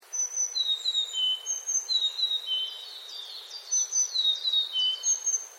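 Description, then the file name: Willow tit calls: thin, high pure whistled notes, some level and some falling, with a short run of quick descending notes, over faint background hiss. "kogara"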